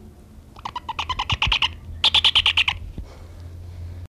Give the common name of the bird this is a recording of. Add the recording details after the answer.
Spectacled Owl. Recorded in captivity. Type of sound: call. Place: Zoo Hannover, Niedersachsen, DE. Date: 1974-03-12. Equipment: Halbspur, 9,5 cm/s. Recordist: Lütgens, Hans. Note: Schimpfen